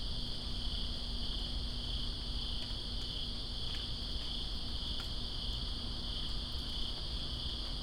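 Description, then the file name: Crickets trill continuously in a high, even drone, layered over steady rain noise with occasional sharp drips. Crickets recorded with rain in Greensboro on September 2, 2017. "Greensboro Crickets And Rain September 02 2017"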